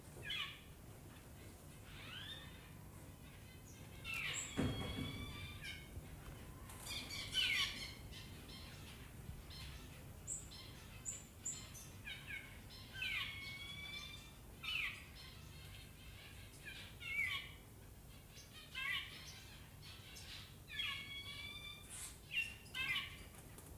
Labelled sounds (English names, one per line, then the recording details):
Violet-backed Starling call
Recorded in captivity
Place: Tiergarten Wilhelma/Stuttgart, Baden-Württemberg, DE
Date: 2005-03-14 11:50
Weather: fair, 4-8°C
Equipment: Sony WM-D6C, Sony ECM-MS 907, Kopie Uher 4000 Report Monitor
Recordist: Tembrock, Günter
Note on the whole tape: Lautfolgen